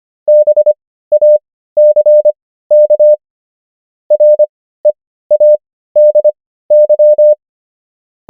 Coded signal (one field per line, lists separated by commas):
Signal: Morse code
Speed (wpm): 25 wpm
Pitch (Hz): 600 Hz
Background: none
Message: BACK READY